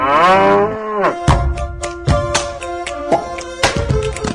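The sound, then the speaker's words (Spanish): A cow lets out one loud, drawn-out moo that slides downward in pitch, followed by a run of sharp, rhythmic percussive hits over a low steady tone, as a jingle for radio station FM Tincunaco. “Todos los lunes, de 20 a 21, la Tincunaco dice mu.”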